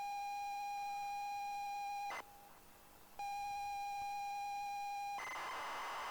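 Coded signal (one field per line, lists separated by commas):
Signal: ZX Spectrum tape loading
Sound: steady high buzzy lead tone, brief pause, lead tone again, then harsh rasping data noise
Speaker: okay it's loading it's just just just a very long long long pause there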